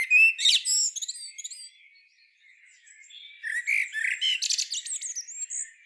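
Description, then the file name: Common blackbird song: a brief phrase with high twittering, a quiet pause, then a longer phrase of shrill squeaky notes. "Turdus merula"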